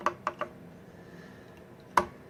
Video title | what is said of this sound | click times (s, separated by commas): How To Build a PC - Using a Custom Open-Air Tech Bench {Detailed} (hardware to software) | you hear it click and that's how you know you got it in properly | 2.0 s